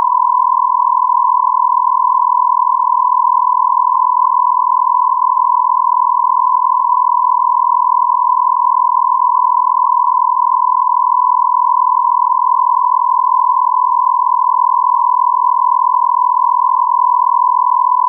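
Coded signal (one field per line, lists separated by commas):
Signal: radio time signal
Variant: Beta, RJH77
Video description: 09:46 : On-off (40 Hz)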